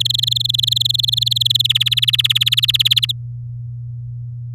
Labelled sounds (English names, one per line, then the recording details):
Domestic Canary song
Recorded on 11 May 2018 at 07:42
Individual llb16